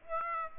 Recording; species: mosquito wingbeat signal from an infrared sensor; Aedes aegypti